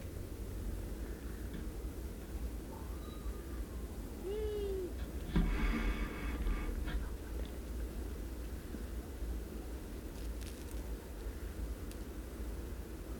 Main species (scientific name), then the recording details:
Asio otus. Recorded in the wild. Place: Dumbraveni, Transilvania, RO. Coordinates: 46.23, 24.575. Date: 1973-04-30. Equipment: Nagra III BH, Sennheiser MD 21, parabola. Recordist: Schubert, Michael. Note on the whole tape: Waldohreule "buh" und Flügelklatschen